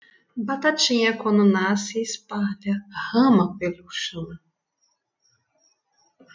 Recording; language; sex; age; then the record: short text; Brazilian Portuguese; female; 50 to 59 years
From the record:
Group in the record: control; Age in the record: 55 years